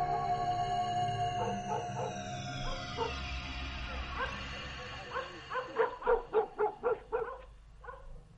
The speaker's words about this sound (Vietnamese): Cùng lúc đó, tiếng chó sủa ở nhà bên vang lên dữ dội.